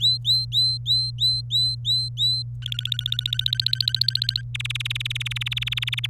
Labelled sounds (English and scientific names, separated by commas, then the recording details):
Domestic Canary (Serinus canaria) song
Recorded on 26 April 2018 at 15:52
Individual llb3